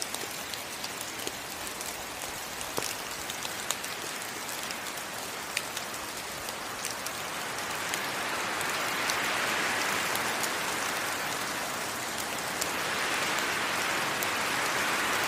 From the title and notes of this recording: Wind and Rain In Forest.